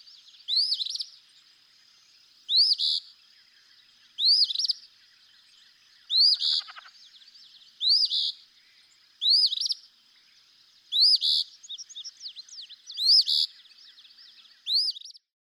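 Eastern phoebe song: a high upswept note joined to a short buzzy burst, the two-part phrase repeated about every one and a half to two seconds, nine times.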